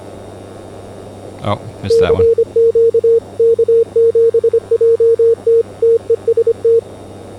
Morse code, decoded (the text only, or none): CQ K7JT TEST